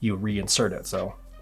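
A titanium parachute-style buckle on an Apple Watch Ultra 2 Titanium Milanese Loop band is handled as it is about to be reinserted into its receiving clasp, while someone talks. Nothing has seated or clicked yet; the clip ends just before the buckle goes home.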